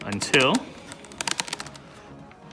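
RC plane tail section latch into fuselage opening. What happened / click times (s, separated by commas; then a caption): The latch is being handled and has not clearly seated / none. The tail section of an FMS Kingfisher RC plane is handled: its rail is lined up with the fuselage and its latch with its opening, then pushed forward. Someone talks over a burst of sharp clicks and taps between 1.2 and 1.5 seconds, but nothing has seated or clicked home yet.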